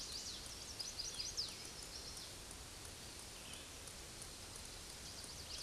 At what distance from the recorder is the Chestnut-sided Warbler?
about 75 m